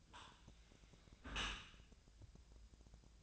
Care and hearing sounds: daily activity, microphone in the room; close dishwasher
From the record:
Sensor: 2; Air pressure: 1000.4 hPa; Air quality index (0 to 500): 168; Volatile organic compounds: 3 ppm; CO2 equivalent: 1393 ppm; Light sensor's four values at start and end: 11/31/12/14 and 11/31/12/14

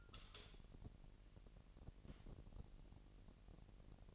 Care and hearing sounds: daily activity, microphone in the room; light on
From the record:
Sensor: 4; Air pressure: 1002.7 hPa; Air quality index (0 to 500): 249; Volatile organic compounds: 17 ppm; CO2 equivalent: 2593 ppm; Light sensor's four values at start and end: 6/13/5/5 and 7/15/6/6

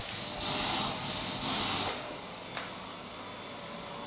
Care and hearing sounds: daily activity, microphone in the room; vacuum cleaning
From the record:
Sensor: 3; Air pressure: 1002.0 hPa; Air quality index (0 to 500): 248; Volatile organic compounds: 52 ppm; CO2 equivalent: 3321 ppm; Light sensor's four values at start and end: 12/36/15/13 and 12/36/15/13

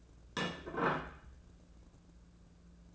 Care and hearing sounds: daily activity, microphone in the room; place plate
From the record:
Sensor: 2

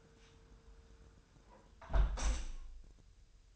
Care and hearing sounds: daily activity, microphone in the room; close window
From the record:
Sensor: 2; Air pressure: 999.7 hPa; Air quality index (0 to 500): 218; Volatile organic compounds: 47 ppm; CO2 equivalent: 3254 ppm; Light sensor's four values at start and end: 8/20/8/8 and 8/19/8/8

